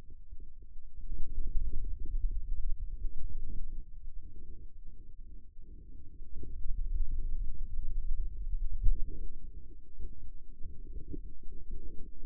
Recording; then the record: forearm muscle sounds (acoustic myography)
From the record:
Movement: hand opening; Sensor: system 2, bracelet of six BSWA MPA416 microphones around the upper forearm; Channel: 5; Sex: male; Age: 22 years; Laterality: right